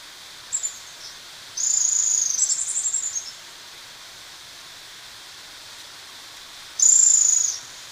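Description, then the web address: Spotted barbtail giving a long, thin, very high trill lasting nearly two seconds, then silence before a second brief high trill near the end. Recorded in Ecuador. "Birds of Ecuador. Spotted Barbtail"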